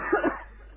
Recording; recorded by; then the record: voluntary cough; telephone call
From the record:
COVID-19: positive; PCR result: checked with the laboratory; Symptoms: yes